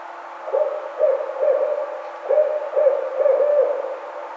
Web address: Barred Owl 2009 05 04 Barred Owl 01